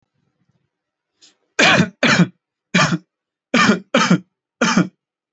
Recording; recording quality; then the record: heavy voluntary cough; excellent, no background noise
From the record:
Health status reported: healthy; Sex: male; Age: 28 years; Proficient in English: yes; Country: India